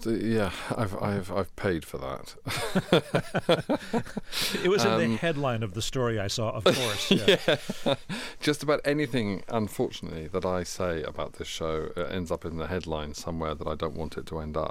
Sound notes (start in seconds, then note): 2.4 laughter; 6.6 laughter